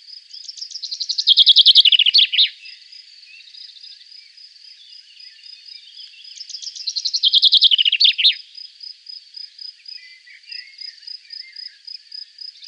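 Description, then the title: Common chaffinch singing two descending rattling trills about six seconds apart, each ending in a brief flourish; a thin high-pitched ticking drone continues between them. "Sylvain Jaskowiak - Mes piafs. Pinson des arbres"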